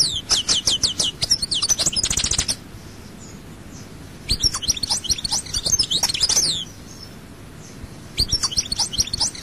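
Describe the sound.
European goldfinch song: lively phrases of sharp, high twittering notes with a rapid ticking run, broken by pauses of silence.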